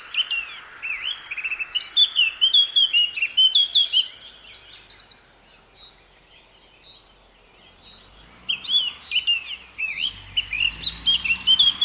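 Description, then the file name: Eurasian blackcap song, a fast jumbled warble lasting several seconds, a lull, then another bright phrase, with a low rumbling noise toward the end. "Sylvia atricapilla"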